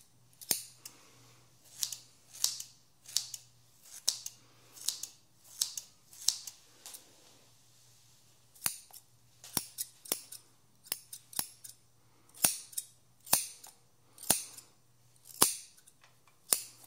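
A haircut with scissors snipping in short, crisp bursts, each a bright swishing cut followed by a sharp click as the blades close, roughly once or twice per second. A steady low hum runs underneath through the first half, and the cutting pauses briefly around seven seconds.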